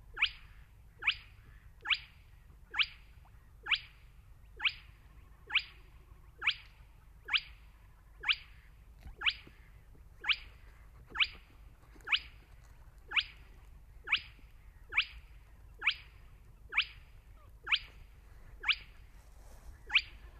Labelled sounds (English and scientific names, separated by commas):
Spotted Crake (Porzana porzana)